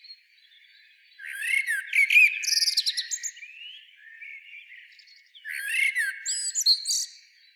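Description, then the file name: Common blackbird warbling a rich whistled phrase that breaks into thin squeaky notes, a quiet pause, then a second similar phrase ending in high twitters. "Turdus merula"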